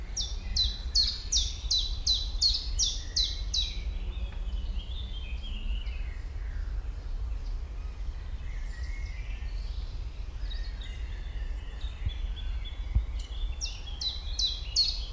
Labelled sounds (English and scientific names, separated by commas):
Common Chiffchaff (Phylloscopus collybita)